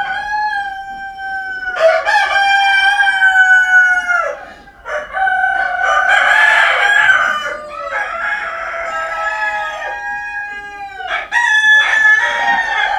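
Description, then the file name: Chicken: rooster crows in a series, each loud harmonic cock-a-doodle-doo stepping down in pitch, separated by brief pauses. Rooster recorded at Wintershove. "haan wintershove"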